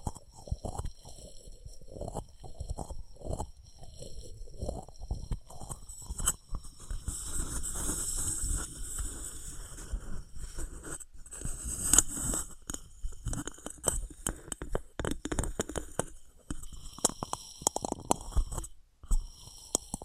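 Objects of wood, cork, sponge, foam, glass and plastic are handled and tapped, making a busy run of soft knocks, squeaks and scrapes. Short taps come quickly through the first seconds, then denser rubbing and crinkling fills the middle, with sharp clicks near twelve seconds.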